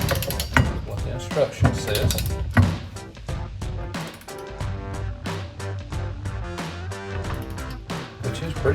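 A torque wrench with a deep 3/4-inch socket tightens the steel fifth-wheel adapter mounting bolts on the OEM puck system in the bed of a 2020-2026 Silverado 2500, set to 110 ft-lb. Ratcheting sounds come first, then one sharp click at 0.6 s as the wrench reaches 110 ft-lb, while someone talks over background music.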